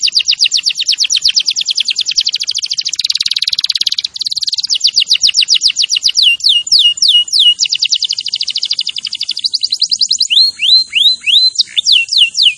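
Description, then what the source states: Canary singing nonstop: rapid buzzy trills in varied tempos give way to slower series of sweeping downslurred whistles toward the end. Canary singing vigorously (gacor).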